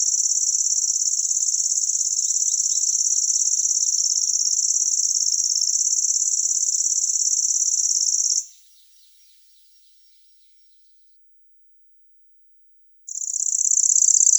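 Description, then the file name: Lanceolated warbler song: a high, dry, insect-like reel held steadily for about eight seconds, then a pause of several seconds before the reeling starts again. "Sverchok pjatnistyj"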